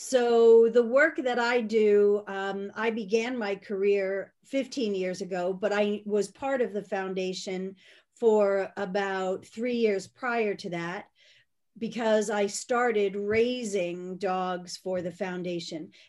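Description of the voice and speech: A woman speaks fluently in a clear, steady voice with ordinary pauses; speech sounds normal.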